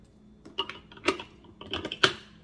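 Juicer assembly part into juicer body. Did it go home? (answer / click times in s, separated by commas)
yes / 2.0 s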